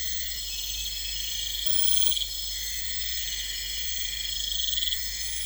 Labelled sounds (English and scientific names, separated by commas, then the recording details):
none
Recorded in pastures near Puerto Asís, Putumayo, Colombia, on 21 December 2024 at 00:00
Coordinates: 0.472, -76.329
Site G072